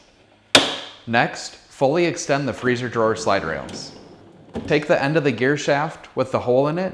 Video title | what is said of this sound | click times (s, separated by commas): How to replace Samsung (right) freezer drawer slide rail part # DA97-10595E | insert the gear end first and then push it and tell it locks in place | 0.5 s